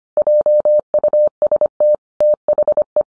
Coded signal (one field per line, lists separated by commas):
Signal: Morse code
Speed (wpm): 25 wpm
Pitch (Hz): 600 Hz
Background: none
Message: JUST THE